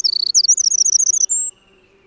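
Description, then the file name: Eurasian wren song: a rapid, high, rattling trill of sharp notes lasting over a second, ending in a short thin whistle. "Troglodytes troglodytes"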